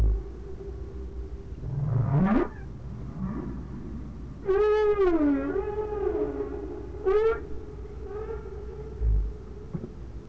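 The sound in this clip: Whale calls, a sharp rising sweep followed by a longer wavering tone that dips and rises again, then a brief upward note, set against a steady low hum.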